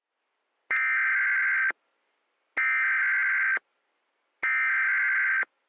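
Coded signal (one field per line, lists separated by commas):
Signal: Emergency Alert System (SAME) tones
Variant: header bursts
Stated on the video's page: Mock EAS alerts made by the uploader.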